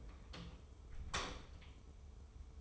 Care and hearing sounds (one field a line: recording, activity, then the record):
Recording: daily activity, microphone in the room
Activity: close door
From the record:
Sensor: 1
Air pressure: 1015.2 hPa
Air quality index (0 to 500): 144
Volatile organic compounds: 7 ppm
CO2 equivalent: 1982 ppm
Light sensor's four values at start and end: 14/33/14/15 and 14/33/14/15